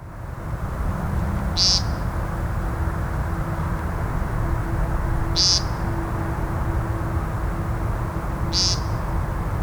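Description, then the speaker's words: American woodcock giving peent calls: three short, buzzy, nasal notes a few seconds apart over a constant low rumble. Peent call of males, given after dusk and before dawn on territorial display grounds (lek) in spring, near open meadows and woodland in eastern North America. "It is the call of the American woodcock."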